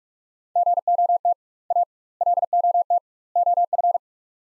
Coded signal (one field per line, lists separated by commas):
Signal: Morse code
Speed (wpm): 46 wpm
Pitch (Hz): 700 Hz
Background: none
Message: GOT A LOT OF